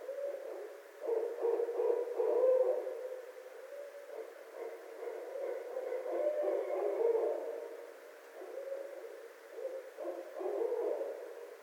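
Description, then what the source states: Barred owl hoots in a long, chaotic series of barking notes rising and falling in waves. Recorded 26 February 2012.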